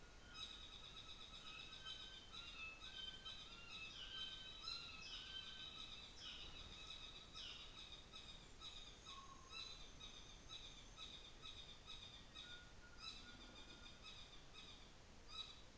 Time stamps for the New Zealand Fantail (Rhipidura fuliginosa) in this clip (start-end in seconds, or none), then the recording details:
8.06-11.45. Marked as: faintness 2/5, faintness 3/5. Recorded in New Zealand on 24 December 2018. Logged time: 17:00